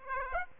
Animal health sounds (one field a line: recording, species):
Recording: mosquito wingbeat signal from an infrared sensor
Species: Aedes aegypti